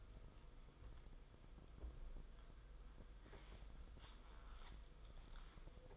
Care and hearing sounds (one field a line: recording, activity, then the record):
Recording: daily activity, microphone in the room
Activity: wipe stove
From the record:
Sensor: 5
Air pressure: 990.6 hPa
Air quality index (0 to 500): 155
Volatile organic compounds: 200 ppm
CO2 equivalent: 4214 ppm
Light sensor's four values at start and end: 43/121/49/53 and 44/121/49/54